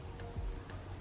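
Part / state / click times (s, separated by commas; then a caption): tweeter into door trim bracket / not seated / none. A Powerbass tweeter housing is lined up with the lip of its plastic bracket in the door trim of a Focus RS and handled before being pushed in. Two faint handling ticks come at about 0.2 s and 0.7 s over a steady low rumble. Nothing has seated or clicked yet.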